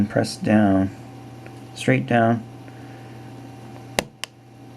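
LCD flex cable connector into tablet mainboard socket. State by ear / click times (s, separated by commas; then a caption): seated / 4.0 s, 4.2 s. Someone talks while the LCD flex cable connector of a Galaxy Tab 3 GT-P5210 tablet, being repaired for LCD discoloration, is pressed straight down onto its mainboard socket. Two sharp clicks follow at 4.0 s and 4.2 s as the connector seats.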